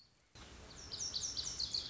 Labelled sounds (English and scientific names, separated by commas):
Lazuli Bunting (Passerina amoena)